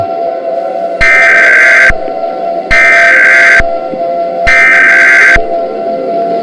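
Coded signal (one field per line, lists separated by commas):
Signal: Emergency Alert System (SAME) tones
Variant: header bursts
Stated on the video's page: Fictional EAS scenario with simulated SAME alert tones.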